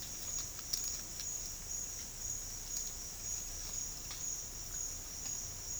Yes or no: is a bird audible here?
no